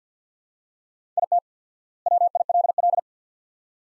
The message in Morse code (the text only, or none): IT WILL